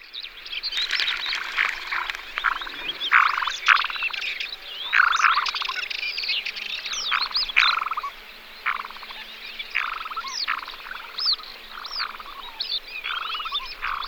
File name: Pterocles orientalis